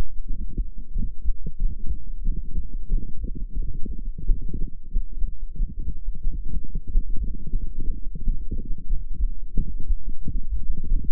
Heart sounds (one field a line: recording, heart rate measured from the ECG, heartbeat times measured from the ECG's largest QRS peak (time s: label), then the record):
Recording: heart sounds by microphone in the right ear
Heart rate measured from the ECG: 101 bpm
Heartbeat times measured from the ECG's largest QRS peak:
0.37 s: heartbeat
0.97 s: heartbeat
1.56 s: heartbeat
2.15 s: heartbeat
2.74 s: heartbeat
3.35 s: heartbeat
3.94 s: heartbeat
4.53 s: heartbeat
5.12 s: heartbeat
5.72 s: heartbeat
6.32 s: heartbeat
6.91 s: heartbeat
7.50 s: heartbeat
8.09 s: heartbeat
8.68 s: heartbeat
9.27 s: heartbeat
9.87 s: heartbeat
10.47 s: heartbeat
11.07 s: heartbeat
From the record:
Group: healthy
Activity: light exercise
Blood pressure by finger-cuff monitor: 114/80 mmHg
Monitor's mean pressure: 91 mmHg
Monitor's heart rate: 101 bpm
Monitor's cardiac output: 7 L/min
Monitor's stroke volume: 69 mL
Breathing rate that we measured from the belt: 26 breaths a minute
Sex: female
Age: 32 years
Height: 172 cm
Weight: 71.7 kg